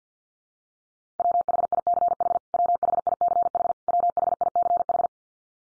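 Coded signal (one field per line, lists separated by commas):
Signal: Morse code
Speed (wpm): 50 wpm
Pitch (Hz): 700 Hz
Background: none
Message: WHICH WHICH WHICH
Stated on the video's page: Head-copy drill of the 500 most common English words at 50 wpm, each word sent three times in Morse, spoken, then sent again.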